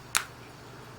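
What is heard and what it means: A fingernail pushed into the plastic lip of a OnePlus One smartphone's back cover moves up or down until one of the plastic retaining clips releases. A single sharp, bright click sounds at 0.2 s against a quiet background. The back cover clip clicks open, released.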